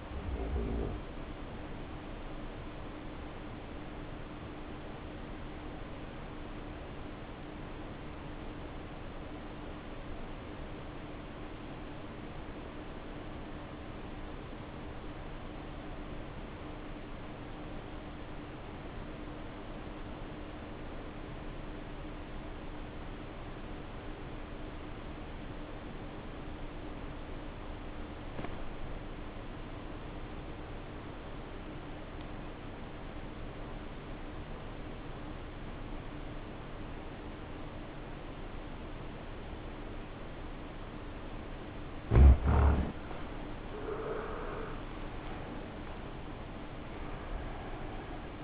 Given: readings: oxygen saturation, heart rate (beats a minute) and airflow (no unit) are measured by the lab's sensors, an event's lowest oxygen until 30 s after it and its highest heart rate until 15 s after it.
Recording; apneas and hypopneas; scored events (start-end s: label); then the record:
breathing in sleep by a voice recorder at the bedside; 1
7.00-43.90 s: obstructive apnea (REM, oxygen 96% highest, then 70% lowest, heart rate 56 at the start, 80 highest)
41.00-48.44 s: new sleep stage, N1 (lightest sleep)
From the record:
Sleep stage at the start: REM sleep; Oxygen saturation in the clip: 73 to 96%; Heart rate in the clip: 53 to 77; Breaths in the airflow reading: 3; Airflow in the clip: -9.1 to 9.6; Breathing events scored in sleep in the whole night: 520 in 7.2 hours asleep